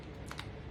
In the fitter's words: เข้าไปนะครับหมุนสลักล็อค